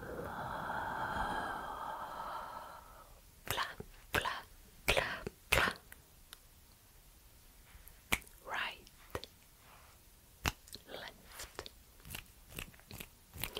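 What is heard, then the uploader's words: Hand movements brush and rustle against the microphone for the first three seconds, a dense, full swishing. After that all goes quiet apart from sharp, crisp snaps and wet mouth clicks, spaced unevenly roughly every half second to second until the end. ASMR FAST and SLOW triggers around and mic hand movements, finger-snapping, mouth sounds.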